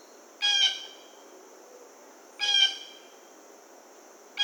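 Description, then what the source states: Blue jay uttering loud scratchy calls about two seconds apart, two full calls and a third starting at the end, against a continuous high buzzing background. Recorded on 1 August 2009.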